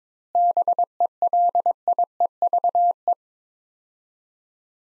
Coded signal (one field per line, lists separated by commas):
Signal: Morse code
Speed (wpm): 22 wpm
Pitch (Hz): 700 Hz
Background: none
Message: BELIEVE